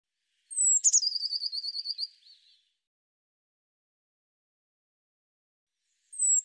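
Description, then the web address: Eurasian blue tit giving a high sliding note into a fast trilled series, then silence for several seconds before the next call begins. "cianscape birddata Deverinetal 2025 File cleaned normalized Bird Cy Ca"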